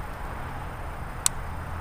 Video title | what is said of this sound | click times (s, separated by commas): Trapping and Knife talk | that click that click means he puts his foot on there | 1.3 s